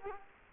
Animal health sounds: mosquito wingbeat signal from an infrared sensor; Culex quinquefasciatus

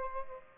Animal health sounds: mosquito wingbeat signal from an infrared sensor; Aedes aegypti

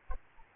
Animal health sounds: mosquito wingbeat signal from an infrared sensor; Aedes aegypti

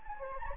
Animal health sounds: mosquito wingbeat signal from an infrared sensor; Anopheles gambiae

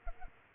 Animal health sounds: mosquito wingbeat signal from an infrared sensor; Culex quinquefasciatus

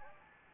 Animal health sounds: mosquito wingbeat signal from an infrared sensor; Anopheles gambiae

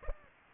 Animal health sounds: mosquito wingbeat signal from an infrared sensor; Aedes aegypti

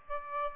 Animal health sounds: mosquito wingbeat signal from an infrared sensor; Aedes albopictus

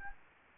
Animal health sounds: mosquito wingbeat signal from an infrared sensor; Anopheles gambiae

